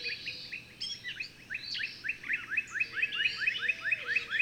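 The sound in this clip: Bird song: mixed twittering and a loose series of upswept chirps that grows steadier toward the end, with a low whistled note behind.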